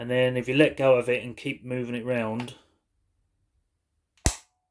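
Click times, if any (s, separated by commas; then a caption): 4.3 s. Someone talks while rotating the plastic and metal angle-adjust head of a Parkside PWBSA 12 A1 12V cordless angled drill after pressing and releasing its unlock button. After a short silence, a sharp click at 4.3 s is heard as the head drops into its locking detent position and seats in place.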